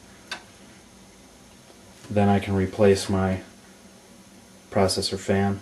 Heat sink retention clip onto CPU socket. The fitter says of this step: push it down and it should snap into place I want to make sure that that's secure